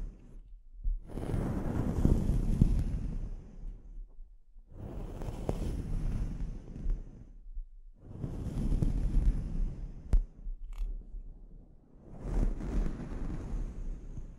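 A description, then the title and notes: A scalp treatment, heard as four long bouts of dense, low rubbing and rustling, each lasting about three seconds with short quiet pauses between them. A sharp click cuts in near the ten-second mark, and faint hiss runs along the top. ASMR Sleep Inducing Scalp Treatment (No Talking).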